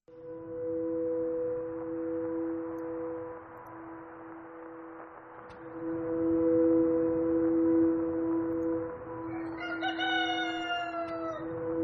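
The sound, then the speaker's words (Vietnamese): A rooster crows at dawn with a long, drawn-out call over a steady humming tone, and a higher, wavering crow rises near the end. No one speaks. “Có tiếng gà gáy sáng.”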